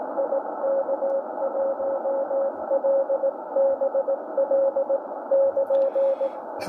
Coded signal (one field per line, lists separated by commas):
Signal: Morse code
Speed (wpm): 18 wpm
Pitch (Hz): 550 Hz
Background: radio noise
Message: IK1LBL <KN>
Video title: IK1LBL & OZ4JU 60mtrs CW , 5300khz - 6200khz AM/USB